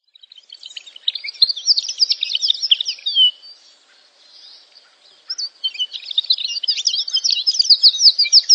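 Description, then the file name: Canary song, rapid twittering warbles and rolls, a soft quieter middle stretch, then more intense fast trilled phrases. "Canary Voice"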